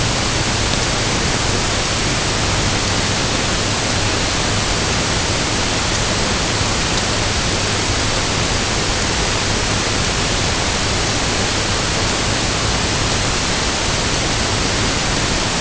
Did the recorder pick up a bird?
no